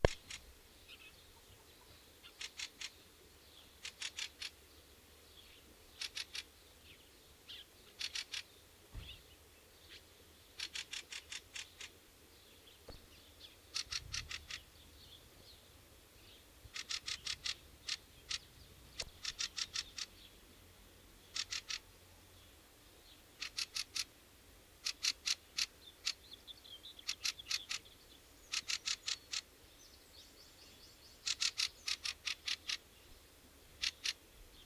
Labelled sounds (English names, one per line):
Fieldfare alarm call